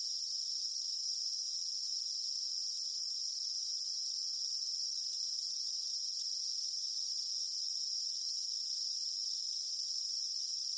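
Cicada song: a continuous sharp high drone, constant in pitch and loudness throughout.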